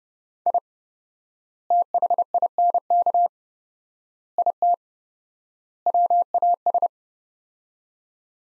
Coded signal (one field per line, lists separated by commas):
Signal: Morse code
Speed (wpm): 32 wpm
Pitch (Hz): 700 Hz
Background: none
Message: I THINK IT WAS